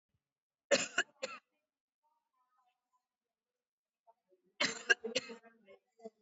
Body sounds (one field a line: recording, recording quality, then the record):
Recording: heavy voluntary cough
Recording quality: excellent, no background noise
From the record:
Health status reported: COVID-19 positive, mild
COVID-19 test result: positive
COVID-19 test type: RT-PCR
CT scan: taken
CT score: 6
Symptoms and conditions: cough, cold, fatigue, muscle pain, another respiratory illness, hypertension, diabetes, ischaemic heart disease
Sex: female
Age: 63 years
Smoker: no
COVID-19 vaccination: both doses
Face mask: worn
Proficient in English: yes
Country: India